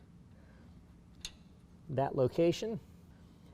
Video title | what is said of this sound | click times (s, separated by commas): How to Install Bodyguard A2 Rear Bumper on a 2019 GMC Sierra 1500 | It's gonna snap right into that location. | 1.2 s